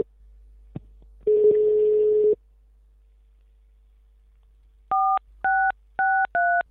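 A click and a second of steady low telephone tone, then a pause before four short, evenly spaced two-pitch beeps of a phone number being keyed in to call the police, DTMF style, with no voices.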